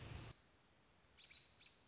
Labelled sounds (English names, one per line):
American Robin